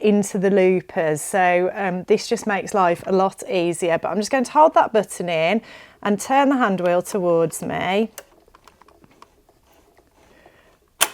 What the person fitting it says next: And there we go, those tubes have now clicked into place,